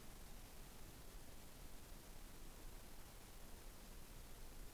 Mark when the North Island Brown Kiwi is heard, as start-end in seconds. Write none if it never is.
none